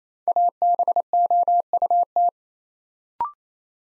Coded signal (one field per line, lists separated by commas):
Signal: Morse code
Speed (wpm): 28 wpm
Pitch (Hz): 700 Hz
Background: none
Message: ABOUT